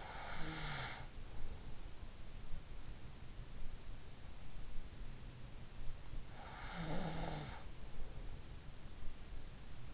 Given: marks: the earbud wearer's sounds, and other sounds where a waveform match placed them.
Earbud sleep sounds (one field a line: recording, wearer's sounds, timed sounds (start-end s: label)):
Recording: sounds in sleep by an in-ear microphone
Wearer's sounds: snoring breath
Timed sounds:
0.00-1.27 s: snoring breath
6.38-7.95 s: snoring breath